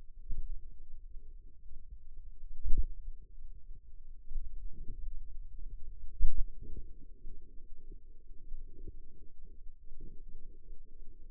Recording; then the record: forearm muscle sounds (acoustic myography)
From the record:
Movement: finger pinch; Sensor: system 2, bracelet of six BSWA MPA416 microphones around the upper forearm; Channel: 5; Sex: female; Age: 22 years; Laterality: right